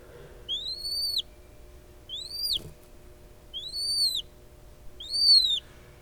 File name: Noble snipe